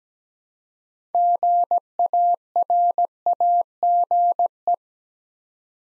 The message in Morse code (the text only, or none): GARAGE